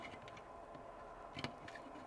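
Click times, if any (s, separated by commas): none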